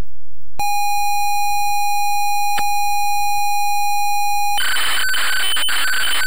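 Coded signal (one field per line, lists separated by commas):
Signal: ZX Spectrum tape loading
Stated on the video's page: ZX Spectrum game tape loading, full load.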